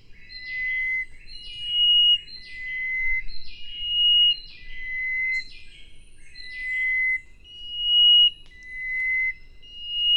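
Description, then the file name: Chestnut-breasted wren giving a series of pure, drawn-out whistled notes alternating between two pitches. "cyphorhinus thoracicus"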